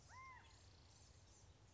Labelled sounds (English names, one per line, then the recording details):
California Quail
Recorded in Sonoma County, California